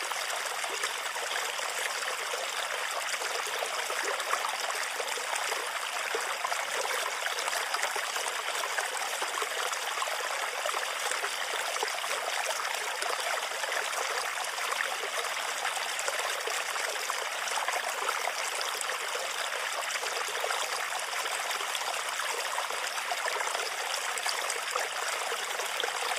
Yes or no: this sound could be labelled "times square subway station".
no